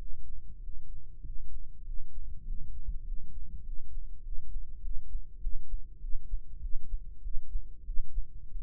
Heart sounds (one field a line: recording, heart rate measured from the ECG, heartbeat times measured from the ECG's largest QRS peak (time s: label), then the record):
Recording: heart sounds by microphone in the right ear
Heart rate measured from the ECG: 98 bpm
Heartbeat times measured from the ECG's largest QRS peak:
0.55 s: heartbeat
1.17 s: heartbeat
1.79 s: heartbeat
2.40 s: heartbeat
2.99 s: heartbeat
3.59 s: heartbeat
4.18 s: heartbeat
4.77 s: heartbeat
5.36 s: heartbeat
5.96 s: heartbeat
6.57 s: heartbeat
7.19 s: heartbeat
7.82 s: heartbeat
8.48 s: heartbeat
From the record:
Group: healthy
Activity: Valsalva maneuver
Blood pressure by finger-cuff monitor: 66/54 mmHg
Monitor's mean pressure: 56 mmHg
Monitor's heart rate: 100 bpm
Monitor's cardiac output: 5.8 L/min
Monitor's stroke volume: 60 mL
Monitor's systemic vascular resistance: 620 dyn s/cm5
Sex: male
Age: 20 years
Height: 187 cm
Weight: 68.9 kg